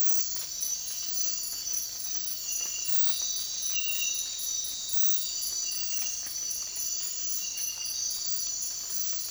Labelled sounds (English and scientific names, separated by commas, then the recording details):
none
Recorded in dense forest near Puerto Asís, Putumayo, Colombia, on 24 March 2025 at 05:00
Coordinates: 0.503, -76.323
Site GP09